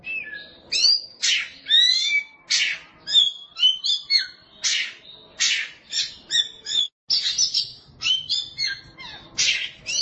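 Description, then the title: Oriental magpie-robin song: lively phrases of bright whistles, upslurred and downslurred notes and sharp chirps, repeated with short pauses. Song of the kacer. "Suara Kicauan Burung Kacer"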